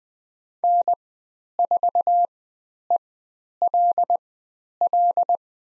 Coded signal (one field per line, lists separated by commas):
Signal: Morse code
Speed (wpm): 20 wpm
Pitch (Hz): 700 Hz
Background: none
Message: N4ELL